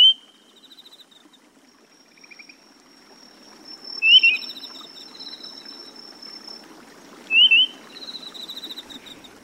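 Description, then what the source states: Grey-tailed tattler giving two loud, clear whistled double notes about three seconds apart, over a steady high insect buzz and a faint thin tone. Recorded in Chiba Prefecture, Japan.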